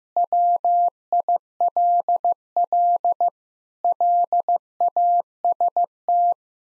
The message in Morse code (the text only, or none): WILL LAST